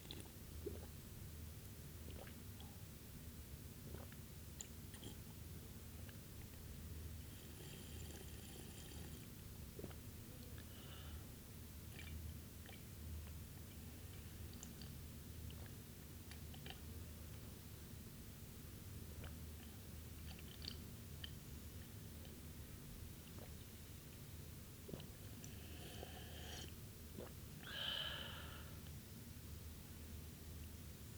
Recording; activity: daily activity, guitar pickup as the sensor; drink water